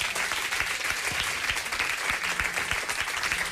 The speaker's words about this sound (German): Ich freue mich. Großer Applaus für die beiden, ihr könnt ihr mal rüberklatschen.